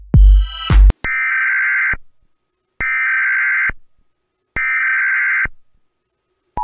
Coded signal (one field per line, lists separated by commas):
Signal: Emergency Alert System (SAME) tones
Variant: header bursts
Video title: EAS Scenario #10-La Garita rewakens